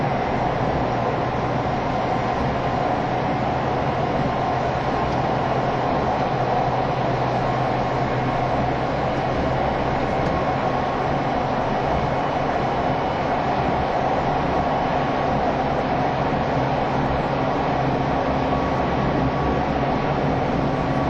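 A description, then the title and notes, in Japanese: Steady interior running sound of a tilting express train, a dense low rumble with a constant mid hum and faint high hiss, unchanging throughout. E351系 Sあずさ18号02 甲府～八王子。全車引退したJR東日本唯一の振り子式車両であったE351系、速達運用だったSあずさを収録したものです。走行音。収録年月:2017,05。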